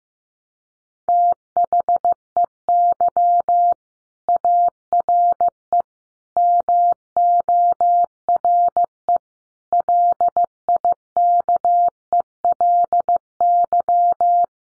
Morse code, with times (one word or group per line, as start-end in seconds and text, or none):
1.1-3.7 THEY
4.3-5.8 ARE
6.4-9.2 MORE
9.7-14.4 LIKELY